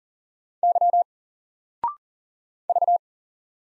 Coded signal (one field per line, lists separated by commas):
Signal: Morse code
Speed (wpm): 40 wpm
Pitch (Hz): 700 Hz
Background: none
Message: Y V